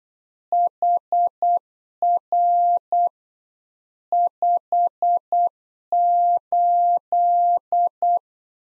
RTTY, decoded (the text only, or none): none